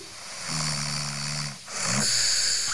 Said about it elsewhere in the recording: I didn't know that I was a snorer. Well, apparently I do.